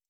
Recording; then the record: hydrophone in a shrimp aquaculture tank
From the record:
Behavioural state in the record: stressed